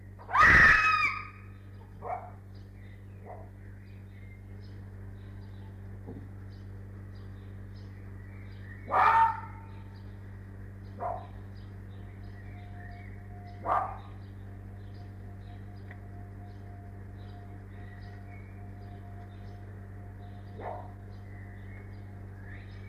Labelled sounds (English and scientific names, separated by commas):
Arctic Fox (Vulpes lagopus)